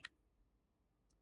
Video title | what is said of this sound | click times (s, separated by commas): ngeBuild Arcana 22 RTA MTL | tekan udah terkunci | 0.1 s